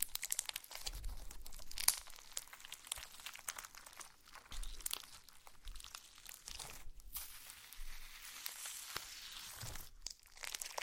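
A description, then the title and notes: Slime being squished and stretched, with dense crinkly crackles, brief sharp pops around two and seven seconds, and short quiet gaps. ASMR SLIME! 5 Satisfying Slimes.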